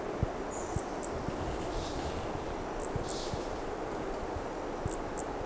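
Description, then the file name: Brachycephalus toadlet calling with faint, very high, short pinging notes in small clusters every two seconds or so, over steady low rumbling background noise. Unidentified Brachycephalus species, individual 1, at Corcovado; the first two call notes are lost. "MHNCI Brachycephalus sp ind 1 Corcovado two starting notes lost"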